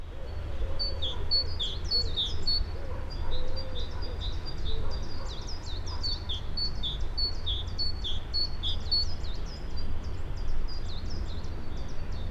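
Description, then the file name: Great tit calls: dense, overlapping high chirps and short downslurred notes, repeated rapidly throughout, over a steady low hum. "Parus major"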